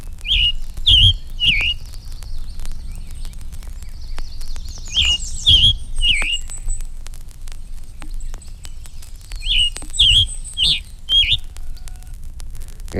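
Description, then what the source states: Scarlet Tanager song: short groups of three to four hoarse, burred notes repeated every few seconds over a low rumble. Song described as husky in quality, rather short and lively.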